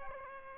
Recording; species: mosquito wingbeat signal from an infrared sensor; Aedes albopictus